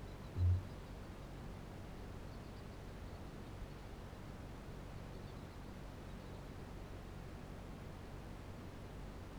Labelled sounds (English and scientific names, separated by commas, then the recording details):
Kākāpō (Strigops habroptilus) boom
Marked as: faintness 3/5
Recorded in New Zealand
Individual Barnard